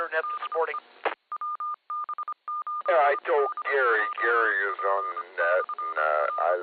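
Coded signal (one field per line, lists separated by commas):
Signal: Morse code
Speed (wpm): 25 wpm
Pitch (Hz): 1210 Hz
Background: speech, radio noise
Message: DE WB8DJP/R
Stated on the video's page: Club 2 m net on 146.64 MHz, 110.9 Hz PL, received on Flex 6700 with preamp/power amp and Mosley 5/8 base antenna.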